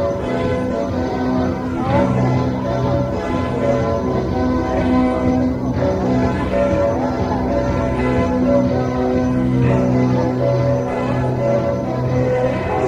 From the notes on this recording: a trip to Disneyland